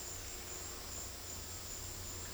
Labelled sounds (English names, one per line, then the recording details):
none
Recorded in dense forest near Puerto Asís, Putumayo, Colombia, on 19 February 2024 at 14:30
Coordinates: 0.481, -76.318
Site G6421